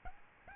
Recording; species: mosquito wingbeat signal from an infrared sensor; Aedes albopictus